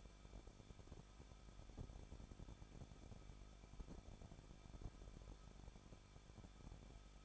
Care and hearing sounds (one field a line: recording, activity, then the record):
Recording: daily activity, microphone in the room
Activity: no activity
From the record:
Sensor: 5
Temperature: 20.8 degrees Celsius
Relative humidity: 38.5%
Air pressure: 1006.5 hPa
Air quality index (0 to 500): 191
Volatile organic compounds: 20 ppm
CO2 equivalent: 2689 ppm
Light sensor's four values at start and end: 2/3/1/1 and 2/3/1/1